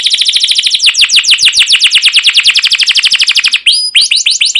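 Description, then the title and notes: Canary song: a long, fast trill of repeated chirps, broken by a brief high note, then more quick chirps. Long, lively canary song with 'cuit cuit' chirps and rolls ('ngerol'), used as a lure (pancingan) and tutor recording (masteran) for young caged canaries learning to sing. "CUIT CUIT NGEROL GACOR PANJANG Kenari Pancingan KENAR. PANCINGAN Kenari GACOR PANJANG Cuit CUIT EMOSI MASTERAN Kenari PAUD belajar BUNYI. burung kenari"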